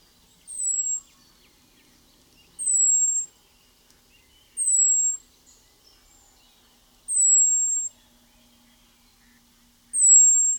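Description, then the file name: European robin repeating a very high, thin drawn-out whistle five times at uneven intervals of two to three seconds, with faint ticks between. "Erithacus rubecula"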